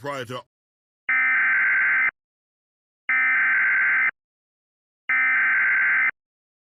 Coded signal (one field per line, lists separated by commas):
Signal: Emergency Alert System (SAME) tones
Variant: header bursts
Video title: EAS Mock 6: Random Evacuation